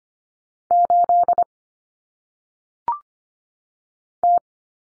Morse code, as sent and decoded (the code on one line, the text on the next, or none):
---.. / -
8 T